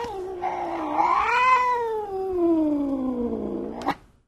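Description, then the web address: Cat yowling: one long drawn-out wail that rises, then slowly falls in pitch over about four seconds, ending in a brief sharp burst. Described as a ferocious cat. "il suono di un gatto feroce"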